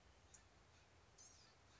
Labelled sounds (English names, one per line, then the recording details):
Blue-gray Gnatcatcher
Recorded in Sonoma County, California